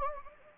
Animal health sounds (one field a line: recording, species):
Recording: mosquito wingbeat signal from an infrared sensor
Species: Anopheles gambiae